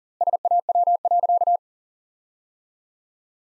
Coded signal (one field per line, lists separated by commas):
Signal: Morse code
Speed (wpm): 40 wpm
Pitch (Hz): 700 Hz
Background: none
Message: SAW.